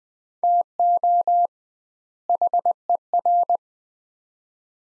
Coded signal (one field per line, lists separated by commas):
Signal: Morse code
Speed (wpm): 20 wpm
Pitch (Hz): 700 Hz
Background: none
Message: TO HER